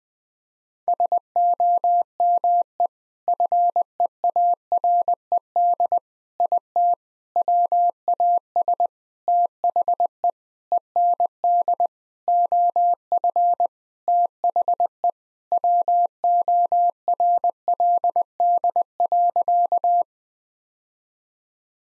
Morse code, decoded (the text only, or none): SOME FEARED IT WAS THE END OF THE WORLD.